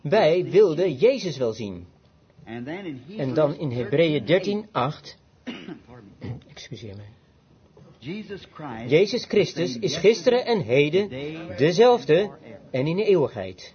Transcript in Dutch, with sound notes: wij wilden Jezus wel zien. En dan in Hebreeën 13:8: [Broeder Branham kucht – Vert] Jezus Christus is gisteren en heden Dezelfde en in eeuwigheid.